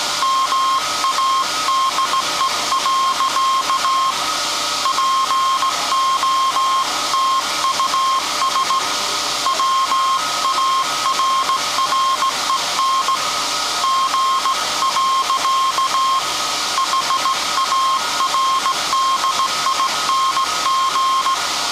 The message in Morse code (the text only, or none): MADE. POTUS WARREN G. HARDING